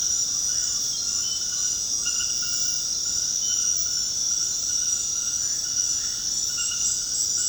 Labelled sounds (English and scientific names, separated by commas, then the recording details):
none
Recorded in secondary vegetation near Puerto Asís, Putumayo, Colombia, on 21 February 2024 at 21:00
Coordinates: 0.472, -76.331
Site G6371